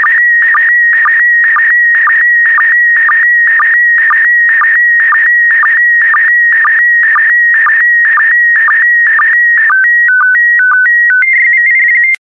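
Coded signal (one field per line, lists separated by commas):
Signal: SSTV (slow-scan television)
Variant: PD120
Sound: warbling whistle with a regular ticking rhythm about twice a second, then a stepped tone sequence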